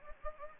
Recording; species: mosquito wingbeat signal from an infrared sensor; Anopheles gambiae